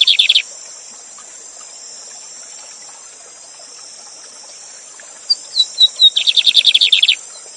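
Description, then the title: Lined seedeater song phrases: a brief buzzy trill at the start, then thin whistled notes leading into a rapid rattling trill, with constant high water hiss behind. Bigodinho song style, 'Gavião negro' song type; teacher bird singing live beside a waterfall, used as a song tutor. "Novo Canto de Bigodinho. Bigode Gavião negro professor de canto cantando ao vivo com cascata!"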